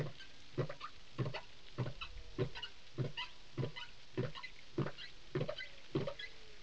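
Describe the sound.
Whale sounds: a steady train of sharp clicking pulses under a second apart, with faint drawn-out tonal sweeps sliding down in pitch.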